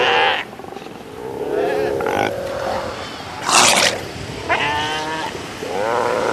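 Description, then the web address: South American sea lions calling: a few harsh roaring bursts and quavering bleats, one after another with brief gaps. "earth naturelibrary assets s so south american sea lion"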